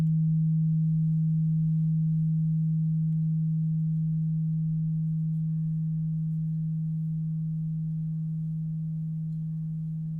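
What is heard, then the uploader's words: A crystal singing bowl hums one steady, pure low tone that holds without any wavering from start to finish. The sound is smooth and clean, with only a faint shimmer above it, and it slowly grows softer across the ten seconds as it rings out. Crystal singing bowl.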